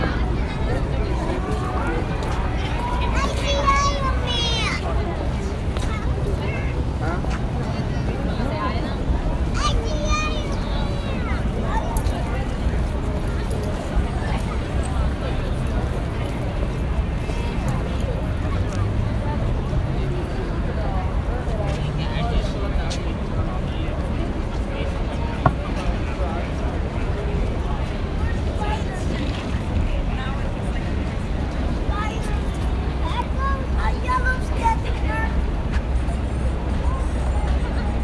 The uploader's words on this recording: Walking On 42nd St. Noises of streets, subway and museums in New York City.